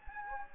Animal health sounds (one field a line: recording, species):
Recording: mosquito wingbeat signal from an infrared sensor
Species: Anopheles gambiae